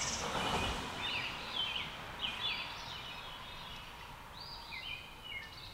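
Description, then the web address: Robin delivering whistled, sliding song phrases separated by short pauses. A rushing noise is heard at the start, with a soft hiss beneath. "Sounds of Nature Robins"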